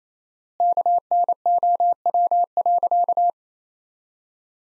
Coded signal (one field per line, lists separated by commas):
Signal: Morse code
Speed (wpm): 28 wpm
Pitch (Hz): 700 Hz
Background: none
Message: KNOW.